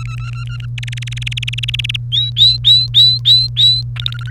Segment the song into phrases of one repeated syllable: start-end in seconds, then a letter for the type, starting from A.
0.00-0.66 A, 0.78-1.97 B, 2.12-3.81 C, 3.96-4.31 D